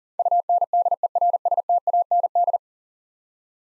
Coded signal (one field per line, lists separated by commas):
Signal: Morse code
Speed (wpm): 38 wpm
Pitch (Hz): 700 Hz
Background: none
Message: UNDERSTAND